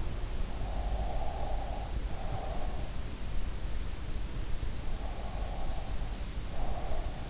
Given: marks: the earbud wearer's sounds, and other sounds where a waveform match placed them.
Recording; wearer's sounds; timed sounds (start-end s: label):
sounds in sleep by an in-ear microphone; breath
0.78-2.92 s: breath
5.25-7.29 s: breath